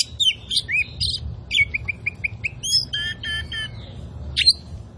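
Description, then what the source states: Oriental magpie-robin song with fast varied whistles, a run of short repeated notes, and a few harsher, richer notes near the end. Kacer poci type; gacor, meaning singing vigorously and constantly.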